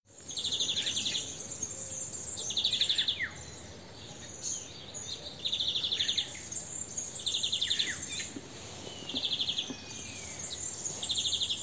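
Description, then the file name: European greenfinch: short rapid twittering trills repeated every few seconds, with a few sliding notes between them and a steady high insect-like hiss. "Chloris chloris"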